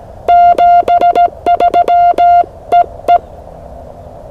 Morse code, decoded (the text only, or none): 73 EE